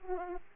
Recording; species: mosquito wingbeat signal from an infrared sensor; Aedes aegypti